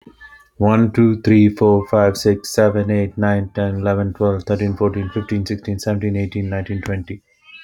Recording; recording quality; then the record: counting at a fast pace; moderate, slight background noise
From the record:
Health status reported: healthy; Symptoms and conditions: none ticked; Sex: male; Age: 37 years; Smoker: not ticked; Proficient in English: yes